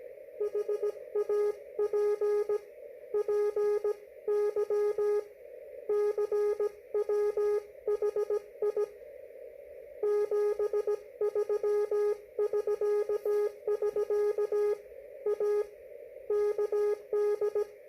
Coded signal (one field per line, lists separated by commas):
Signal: Morse code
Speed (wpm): 17 wpm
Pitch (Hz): 420 Hz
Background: radio noise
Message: HAPPY CW HI 73 <SK> <SK> A KD